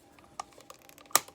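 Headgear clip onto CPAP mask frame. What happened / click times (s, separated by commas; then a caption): The plastic clip snapped into place / 1.2 s. With the mask on the head, a plastic headgear clip is pressed onto a CPAP mask frame. A few faint clicks and rustles lead up to a sharp, loud snap at 1.2 s as the clip seats in place.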